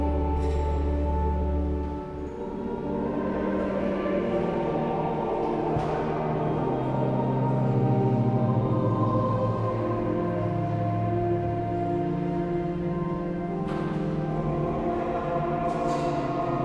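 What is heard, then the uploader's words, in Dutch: Inside the Sint Janskathedraal in Den Bosch, a dense wash of sustained, ringing tones overlaps and hangs without pause, with a deep low drone for the first two seconds. Sharper bright strikes cut through around six, thirteen and sixteen seconds. Sint Janskathedraal, Den Bosch, Netherlands. There was a service in proceedings for the celebration of Pentecost.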